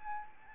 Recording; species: mosquito wingbeat signal from an infrared sensor; Aedes albopictus